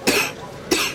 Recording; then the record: coughing mixed with background sound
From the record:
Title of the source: 64 coughing, allergies, singing lungs